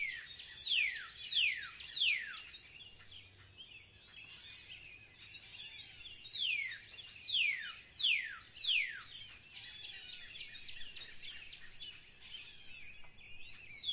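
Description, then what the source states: Bird calls: bright falling whistles in short series, spaced by busy high twittering and trills. In spring.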